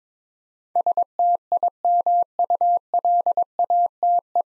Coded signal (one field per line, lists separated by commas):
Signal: Morse code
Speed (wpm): 22 wpm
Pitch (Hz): 700 Hz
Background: none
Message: STIMULATE